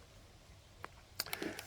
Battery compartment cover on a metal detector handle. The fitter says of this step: You've got to physically push it forward to lock it.